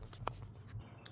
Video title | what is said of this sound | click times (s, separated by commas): How to change the lifts on a camper shell for a truck | so it snapped on there, | 0.3 s